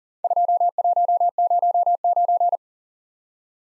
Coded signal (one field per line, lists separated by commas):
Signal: Morse code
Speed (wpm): 38 wpm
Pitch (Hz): 700 Hz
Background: none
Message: 2109